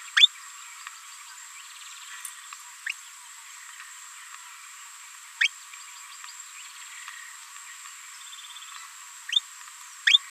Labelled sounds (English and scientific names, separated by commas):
Green-rumped Parrotlet (Forpus passerinus) babbling